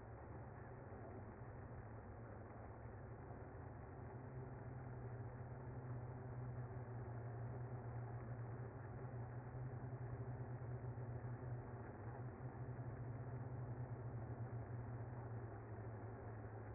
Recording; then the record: honeybee colony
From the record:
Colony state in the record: active